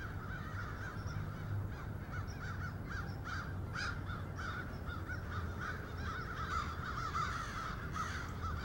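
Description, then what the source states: Crows calling as a flock, many overlapping harsh caws running continuously throughout, with a constant low background rumble. Several crows.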